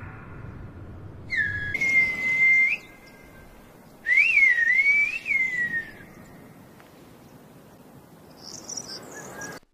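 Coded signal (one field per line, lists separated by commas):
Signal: whistled language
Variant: Silbo Gomero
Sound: two clear whistled phrases gliding up and down around 2 kHz, with pauses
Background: faint outdoor background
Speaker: وفي جزر اللاجومرا من كتر ما ببدات تنقرض بداوا يعلموها للاطفال في المدارس وتعالوا نشوف مجموعه الفيديوهات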